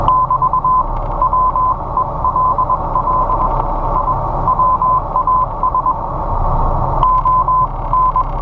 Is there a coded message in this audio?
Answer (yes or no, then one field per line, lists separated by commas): yes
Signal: Morse code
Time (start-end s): 0.1-8.2 s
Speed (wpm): 21 wpm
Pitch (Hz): 1020 Hz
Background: none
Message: <BT> WELL I WAS ON